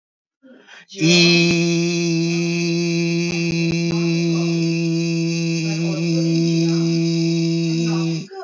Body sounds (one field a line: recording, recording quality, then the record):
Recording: sustained vowel as in beet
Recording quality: excellent, no background noise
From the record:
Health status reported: healthy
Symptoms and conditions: cough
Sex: male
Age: 52 years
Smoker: not ticked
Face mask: not worn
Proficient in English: yes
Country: India